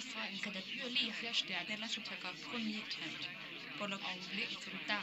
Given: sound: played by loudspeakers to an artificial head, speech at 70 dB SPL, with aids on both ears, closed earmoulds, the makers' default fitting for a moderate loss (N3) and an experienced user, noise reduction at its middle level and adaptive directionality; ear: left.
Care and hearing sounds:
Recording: speech test signal (ISTS) in cocktail-party noise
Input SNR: +6 dB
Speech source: in front (0 degrees)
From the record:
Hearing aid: class 1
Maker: D

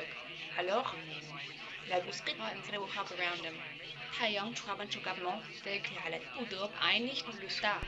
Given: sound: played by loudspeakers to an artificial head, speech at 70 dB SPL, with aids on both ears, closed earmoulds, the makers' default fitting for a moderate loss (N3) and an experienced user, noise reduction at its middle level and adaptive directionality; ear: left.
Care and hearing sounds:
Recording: speech test signal (ISTS) in cocktail-party noise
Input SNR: +6 dB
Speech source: in front (0 degrees)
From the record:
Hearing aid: class 1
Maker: F

